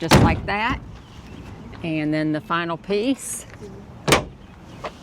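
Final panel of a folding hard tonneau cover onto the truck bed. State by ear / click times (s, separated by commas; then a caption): not seated / none. Someone talks while the final panel of a BAKFlip MX4 folding hard tonneau cover is handled and brought down toward the bed of an F-150 truck. A sharp knock comes at about 4.1 s and a fainter tap at about 4.9 s. Nothing has seated or latched yet.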